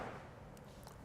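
A new backup camera's cable connector is plugged into the RV's camera-prep harness plug. Over a low background hum, a faint tap at 0.6 s is followed by a short, sharp click at 0.9 s as the small clip snaps into place and the connector seats.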